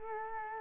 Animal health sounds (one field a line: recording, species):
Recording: mosquito wingbeat signal from an infrared sensor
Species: Culex quinquefasciatus